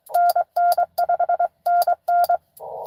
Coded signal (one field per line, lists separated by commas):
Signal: Morse code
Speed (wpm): 22 wpm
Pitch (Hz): 700 Hz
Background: none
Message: NN5NN